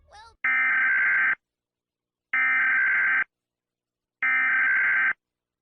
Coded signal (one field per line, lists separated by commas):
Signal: Emergency Alert System (SAME) tones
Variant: header bursts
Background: speech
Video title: EAS Scenario - "Kitten Pox"